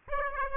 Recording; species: mosquito wingbeat signal from an infrared sensor; Aedes aegypti